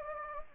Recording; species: mosquito wingbeat signal from an infrared sensor; Anopheles gambiae